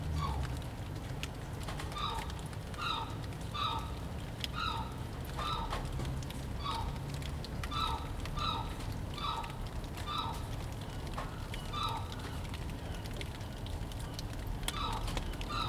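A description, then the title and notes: Rain falls steadily in a backyard, a dense, even hiss with a low rumble underneath that holds for the whole stretch. Over it, short bright chirping or dripping sounds repeat at a fairly regular pace, roughly once or twice a second. Rain, backyard. Cold January rain.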